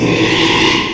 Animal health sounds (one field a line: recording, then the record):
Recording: squeal of a Yucatan mini pig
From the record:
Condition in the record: after surgery on the right vocal fold (resection and tissue-engineered implant)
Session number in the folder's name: 1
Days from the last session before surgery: 6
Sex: male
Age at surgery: 12 weeks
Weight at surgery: 13 kg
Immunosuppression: cyclosporine, prednisolone